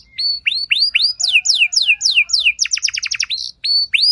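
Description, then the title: Canary song: a few rising whistled notes, then descending sweeps speeding into a fast trill of sharp descending sweeps, with brief pauses between phrases. Belgian canary song with elaborate phrases, played to warm up and stimulate other canaries so they answer with long continuous song. "Canto Para Esquentar Canário Belga. Suara Burung Kenari Lagu dan Cengkok Mewah Buat Kenari Lain Bakal Langsung Nyaut Gacor Panjang"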